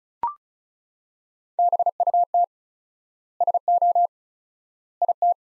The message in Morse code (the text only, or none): BUT SO IT